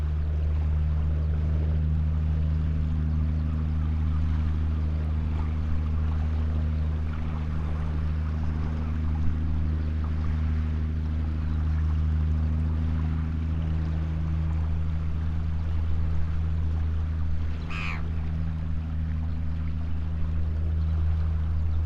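A passing ship drones steadily with a deep, even engine hum and a faint wash beneath, broken by a brief bright squeak near eighteen seconds.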